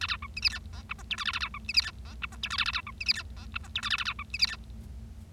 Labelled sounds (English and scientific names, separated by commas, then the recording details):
Bengalese Finch (Lonchura striata domestica) song
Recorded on 25 March 2012 at 20:28
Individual gy6or6